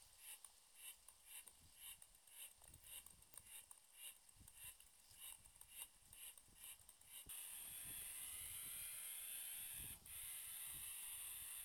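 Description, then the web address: Cicada singing short buzzy pulses repeated about twice a second, then switching to one unbroken, high, hissing drone. "bg-cicadidae hyalina"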